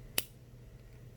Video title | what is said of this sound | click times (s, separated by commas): Writing 8/25...Not a Box | i want you to hear that click | 0.2 s